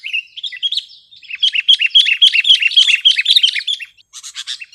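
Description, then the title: Sooty-headed bulbul song: a lively string of quick, repeated chirping notes, steady at first, then a short gap and a harsher burst at the end. "kutilang"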